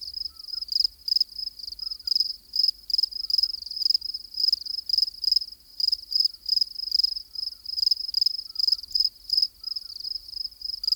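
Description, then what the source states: Cricket calling with high, buzzy chirps repeated in an even, rapid beat, a few faint little whistled notes scattered beneath. Active crickets.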